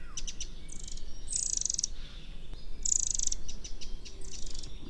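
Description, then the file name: Eurasian wren calls: loud, very high, rapid rattling trills in bursts of about half a second, repeated four times, with softer ticking notes between them. "Troglodytes troglodytes"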